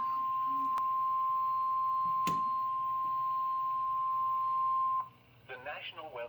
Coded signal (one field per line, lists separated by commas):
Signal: Emergency Alert System (SAME) tones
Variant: 1050 Hz attention tone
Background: speech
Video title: EAS Severe Thunderstorm Warning on KZZ81 - 3/25/22 4:45 PM (#2)